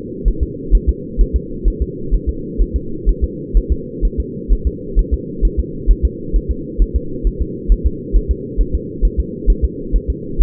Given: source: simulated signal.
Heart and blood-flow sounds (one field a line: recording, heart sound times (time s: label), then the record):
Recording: fetal heart sounds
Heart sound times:
0.28 s: S1
0.43 s: S2
0.75 s: S1
0.89 s: S2
1.21 s: S1
1.36 s: S2
1.68 s: S1
1.82 s: S2
2.14 s: S1
2.29 s: S2
2.62 s: S1
2.76 s: S2
3.09 s: S1
3.24 s: S2
3.57 s: S1
3.72 s: S2
4.05 s: S1
4.20 s: S2
4.53 s: S1
4.67 s: S2
4.99 s: S1
5.14 s: S2
5.45 s: S1
5.59 s: S2
5.91 s: S1
6.05 s: S2
6.36 s: S1
6.51 s: S2
6.82 s: S1
6.96 s: S2
7.27 s: S1
7.42 s: S2
7.72 s: S1
7.86 s: S2
8.16 s: S1
8.31 s: S2
8.61 s: S1
8.75 s: S2
9.05 s: S1
9.20 s: S2
9.50 s: S1
9.65 s: S2
9.96 s: S1
10.10 s: S2
10.42 s: S1
From the record:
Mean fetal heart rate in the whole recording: 130 bpm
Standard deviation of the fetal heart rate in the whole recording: 2 bpm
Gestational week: 36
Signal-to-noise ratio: -4.3 dB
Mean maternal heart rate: 72 bpm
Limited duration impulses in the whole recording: absent